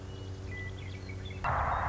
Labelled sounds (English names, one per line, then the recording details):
Western Meadowlark
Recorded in Sonoma County, California